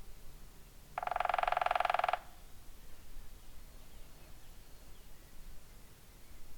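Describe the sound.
Woodpecker drumming, one quick, steady burst of taps lasting just over a second, then quiet outdoor background.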